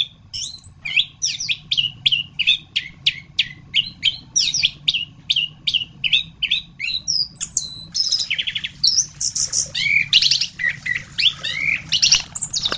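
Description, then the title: Thrush song of quick repeated chips and whistles, then a change to buzzier trilled phrases in the second half. "Suara Burung Anis"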